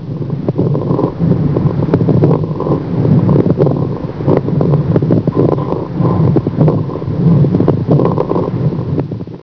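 Breath sounds with crackles, heard over an adult chest through a stethoscope.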